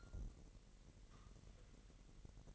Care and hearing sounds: daily activity, microphone in the room; take from stove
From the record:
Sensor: 4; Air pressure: 1012.8 hPa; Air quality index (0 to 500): 238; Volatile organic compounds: 4 ppm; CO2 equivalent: 1584 ppm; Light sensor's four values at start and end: 27/65/26/26 and 26/63/25/25

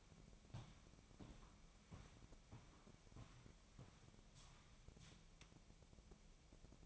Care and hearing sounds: daily activity, microphone in the room; walk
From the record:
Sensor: 1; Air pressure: 1012.2 hPa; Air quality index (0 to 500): 176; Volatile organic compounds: 3 ppm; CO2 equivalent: 1450 ppm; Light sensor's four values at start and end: 48/132/54/66 and 48/132/54/66

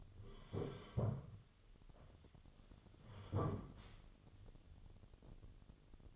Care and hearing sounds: daily activity, microphone in the room; sit down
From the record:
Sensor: 4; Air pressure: 1016.1 hPa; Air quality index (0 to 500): 164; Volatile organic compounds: 6 ppm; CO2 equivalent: 1876 ppm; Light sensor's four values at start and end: 9/20/8/7 and 9/20/8/7

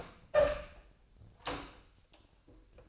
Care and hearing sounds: daily activity, microphone in the room; open door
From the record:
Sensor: 2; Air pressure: 1007.0 hPa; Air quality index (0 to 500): 196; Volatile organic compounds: 13 ppm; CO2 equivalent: 2407 ppm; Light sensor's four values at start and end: 9/23/9/9 and 9/23/9/10

